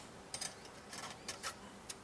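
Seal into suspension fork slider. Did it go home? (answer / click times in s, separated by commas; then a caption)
no / none. A seal with a friction lip is pushed into the slider opening of a suspension fork during reassembly, giving short, sharp ticking handling sounds at about 0.3, 0.4, 1.0, 1.3, 1.5 and 1.9 seconds over a low background hiss. The part is still being handled, and nothing has seated or clicked into place yet.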